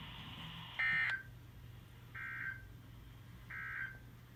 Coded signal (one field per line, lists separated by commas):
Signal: Emergency Alert System (SAME) tones